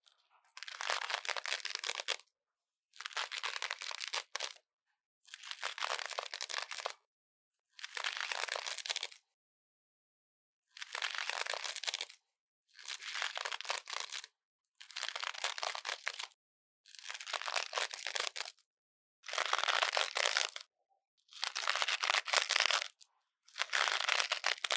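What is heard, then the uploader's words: Intense scratching in short, even bursts of about a second and a half, separated by brief silences, repeating steadily around ten times. Each burst is a dense, bright, crackly rasp with no low end, like crinkling or crunching. Nothing else sounds between the bursts. Intense Brain Scratching. No Talking.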